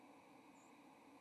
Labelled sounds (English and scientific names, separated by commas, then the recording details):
White-throated Sparrow (Zonotrichia albicollis) flight call
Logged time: 06:57 on 30 October 2014